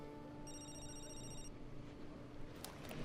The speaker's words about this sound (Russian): Ей звонит мобильный.